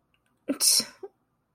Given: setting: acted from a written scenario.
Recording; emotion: vocal sound without words; contempt